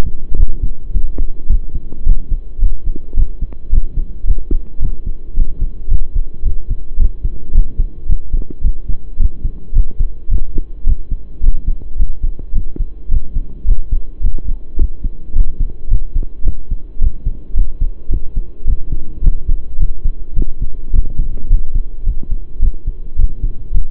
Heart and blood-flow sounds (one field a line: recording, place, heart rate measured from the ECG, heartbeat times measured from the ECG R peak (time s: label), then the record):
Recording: heart sounds by stethoscope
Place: between the tricuspid and mitral areas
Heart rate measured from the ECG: 108 bpm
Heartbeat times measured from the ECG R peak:
0.37 s: heartbeat
0.93 s: heartbeat
1.48 s: heartbeat
2.05 s: heartbeat
2.60 s: heartbeat
3.16 s: heartbeat
3.71 s: heartbeat
4.26 s: heartbeat
4.80 s: heartbeat
5.35 s: heartbeat
5.90 s: heartbeat
6.44 s: heartbeat
6.98 s: heartbeat
7.53 s: heartbeat
8.08 s: heartbeat
8.63 s: heartbeat
9.18 s: heartbeat
9.74 s: heartbeat
10.30 s: heartbeat
10.85 s: heartbeat
11.42 s: heartbeat
11.97 s: heartbeat
12.54 s: heartbeat
13.10 s: heartbeat
13.66 s: heartbeat
14.22 s: heartbeat
14.78 s: heartbeat
15.34 s: heartbeat
15.89 s: heartbeat
16.45 s: heartbeat
17.00 s: heartbeat
17.55 s: heartbeat
18.10 s: heartbeat
18.66 s: heartbeat
19.22 s: heartbeat
19.78 s: heartbeat
20.35 s: heartbeat
20.92 s: heartbeat
21.49 s: heartbeat
22.05 s: heartbeat
22.61 s: heartbeat
23.17 s: heartbeat
23.73 s: heartbeat
From the record:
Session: pedaling a stationary bicycle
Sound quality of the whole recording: saturated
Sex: male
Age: 23 years